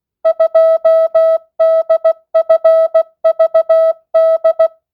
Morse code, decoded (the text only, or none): 2DFVD